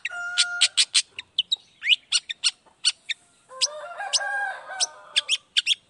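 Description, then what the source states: Long-tailed shrike song: quick sharp notes, a short held nasal tone and a rising whistle. A long grating, buzzy phrase follows, then more rapid clicks. Cendet in full 'gacor' song in the morning, 'toet toet' sound variation; played once to make other shrikes respond quickly and agitatedly.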